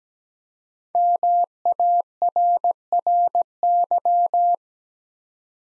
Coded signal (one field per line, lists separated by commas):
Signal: Morse code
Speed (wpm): 17 wpm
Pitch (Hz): 700 Hz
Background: none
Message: MARRY